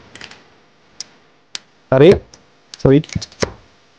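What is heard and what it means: A steel anti-theft pedal lock fitted on a car brake pedal has its first lock pressed, giving faint ticks near 0.2 s and then sharp clicks at 1.0 s and 1.5 s as it locks. Someone talks afterward, and the brake is left locked.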